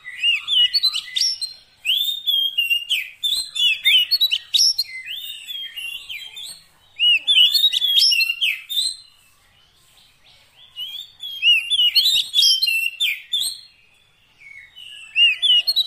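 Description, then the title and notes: Oriental magpie-robin song: lively whistled phrases with chips and trills, in bursts of several seconds separated by short silences. Long-duration fill-in song to make the bird sing eagerly day and night. "Kacer Jadi Gacor Siang Malam. Isian Kacer Durasi Panjang"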